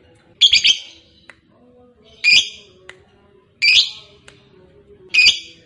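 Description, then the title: Lovebird uttering four loud, shrill, squeaky chirps spaced well over a second apart, with quiet gaps between. Fighter-type lovebird singing energetically (gacor). "SUARA Lovebird FIGHTER GACOR"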